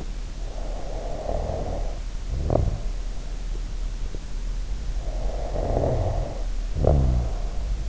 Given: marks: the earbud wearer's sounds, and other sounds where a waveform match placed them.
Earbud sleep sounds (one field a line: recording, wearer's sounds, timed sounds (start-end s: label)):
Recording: sounds in sleep by an in-ear microphone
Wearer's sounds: snoring breath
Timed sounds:
0.39-3.00 s: snoring breath
4.96-7.89 s: snoring breath